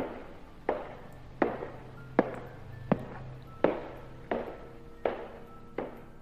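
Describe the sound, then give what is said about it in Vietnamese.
Eight slow, evenly spaced footsteps approach along a corridor of a prison cell block at night, each a sharp hard-soled knock with a short ringing tail, steady in loudness with no voices. “Tiếng bước chân vang lên trên hành lang của khu phòng giam lạnh lẽo.”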